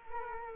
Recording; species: mosquito wingbeat signal from an infrared sensor; Culex quinquefasciatus